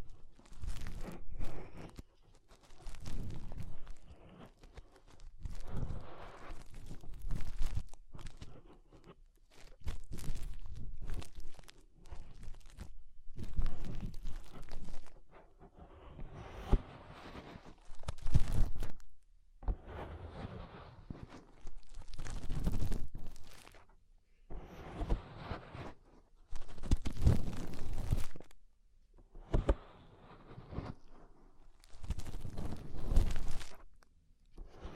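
Fingers rubbing and cleaning inside an ear make a muffled, crackling rustle that comes in bursts of one to three seconds, separated by short near-silent gaps. The bursts are mostly low and thumping, with scratchy crinkles reaching higher, and repeat fairly regularly throughout.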